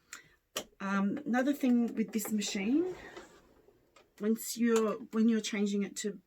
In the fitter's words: close the arm, it locks into place like so. Okay,